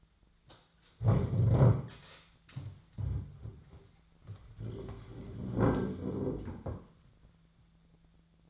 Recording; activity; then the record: daily activity, microphone in the room; stand up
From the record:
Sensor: 3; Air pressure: 1008.2 hPa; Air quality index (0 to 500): 192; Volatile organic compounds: 14 ppm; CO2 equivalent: 2473 ppm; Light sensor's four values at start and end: 13/32/14/14 and 14/32/14/14